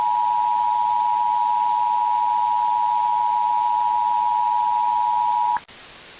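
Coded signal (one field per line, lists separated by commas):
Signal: Emergency Alert System (SAME) tones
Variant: 853 and 960 Hz attention tone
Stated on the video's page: Fictional EAS scenario.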